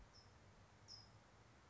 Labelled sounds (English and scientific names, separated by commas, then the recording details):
California Towhee (Melozone crissalis)
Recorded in Sonoma County, California